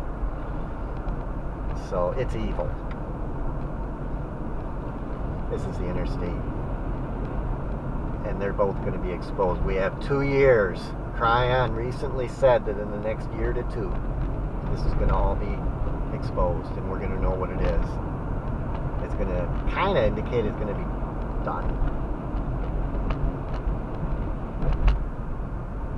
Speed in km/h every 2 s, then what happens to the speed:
56, 56, 55, 55, 56, 53, 52, 53, 56, 60, 56, 53, 48.
0-13 steady at about 55. 13-19 speeds up to 60. 19-26 slows to 48.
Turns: none.